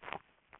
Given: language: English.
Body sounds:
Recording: throat vibration sensor signal played as sound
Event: swallow

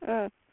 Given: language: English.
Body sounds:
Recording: throat vibration sensor signal played as sound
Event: speech

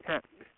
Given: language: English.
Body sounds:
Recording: throat vibration sensor signal played as sound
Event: speech

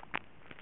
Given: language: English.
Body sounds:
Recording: throat vibration sensor signal played as sound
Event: swallow

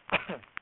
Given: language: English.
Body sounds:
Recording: throat vibration sensor signal played as sound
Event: cough

